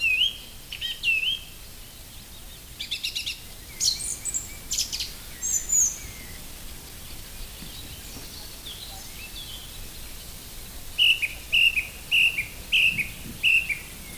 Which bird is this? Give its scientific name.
Turdus philomelos